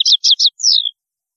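European goldfinch calls: three quick bright chirps followed by a descending whistled note, sharp and clear against silence.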